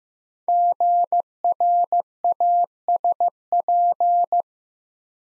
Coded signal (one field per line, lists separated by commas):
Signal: Morse code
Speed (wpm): 15 wpm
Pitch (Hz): 700 Hz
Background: none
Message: GRASP